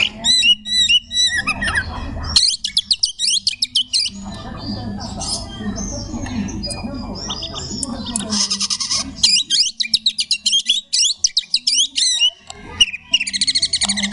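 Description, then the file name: Oriental magpie-robin song in bursts of fast rattling, buzzy trills and sharp chirps, separated by pauses filled with low rumbling background noise. Magpie-robin singing in the ngekek style. "kacer tembakan ngekek"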